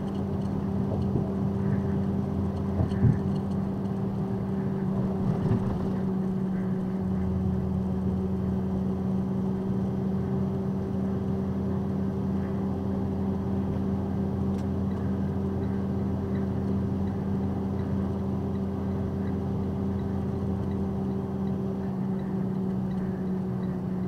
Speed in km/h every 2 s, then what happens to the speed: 106, 106, 103, 101, 103, 105, 105, 106, 106, 106, 105, 101.
0-19 steady at about 105.